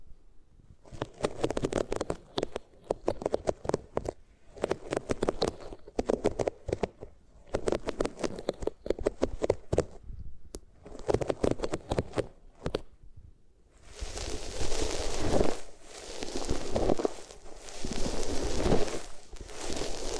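Rubbing against the ears on different materials, heard as bursts of crackly, scratchy friction in short repeated strokes separated by brief silences for the first thirteen seconds. After that the rubbing turns into a denser, brighter, continuous hissing scrape that swells and dips rhythmically to the end.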